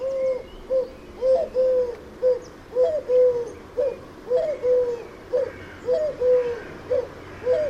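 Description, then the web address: Bird calls: steady series of low, slightly wavering hoots, mostly in pairs, with faint higher chirps behind. "Deverinetal 2025 File origin Bird Only"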